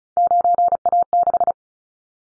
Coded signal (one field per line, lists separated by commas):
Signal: Morse code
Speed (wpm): 34 wpm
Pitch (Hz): 700 Hz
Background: none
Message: 9A6